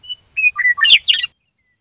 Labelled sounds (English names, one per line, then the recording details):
Western Meadowlark
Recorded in Sonoma County, California